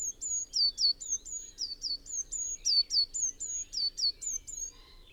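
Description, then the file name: Eurasian blue tit repeating bright, high notes, many sliding downward, quick and fairly even, about four a second, with faint twittering behind. "Cyanistes caeruleus"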